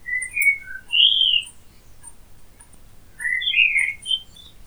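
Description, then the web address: Common blackbird giving clear whistled phrases, a fluty warble that rises and falls, then a pause and a second richer warbled phrase, with faint high chirps. "Hlasy Kos Cerny"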